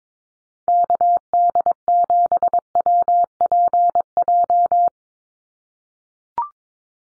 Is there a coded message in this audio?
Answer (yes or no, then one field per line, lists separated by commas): yes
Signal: Morse code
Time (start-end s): 0.7-4.9 s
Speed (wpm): 22 wpm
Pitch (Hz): 700 Hz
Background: none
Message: KD7WPJ